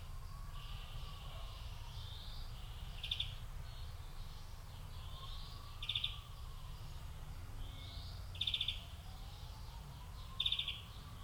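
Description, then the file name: Quiet European greenfinch trills come every two to three seconds among soft wheezy notes, with a low continuous rumble underneath. "Chloris chloris"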